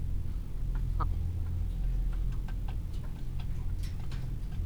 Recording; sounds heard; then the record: poultry house recording; sick chickens (respiratory disease)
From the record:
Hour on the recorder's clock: 15